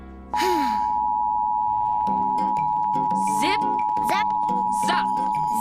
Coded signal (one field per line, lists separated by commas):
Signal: Emergency Alert System (SAME) tones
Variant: 853 and 960 Hz attention tone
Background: speech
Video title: LA Required Monthly Test (EAS #1301-1310) 9/26/23